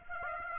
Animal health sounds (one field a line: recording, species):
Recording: mosquito wingbeat signal from an infrared sensor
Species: Aedes aegypti